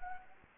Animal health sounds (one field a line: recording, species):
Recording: mosquito wingbeat signal from an infrared sensor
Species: Anopheles arabiensis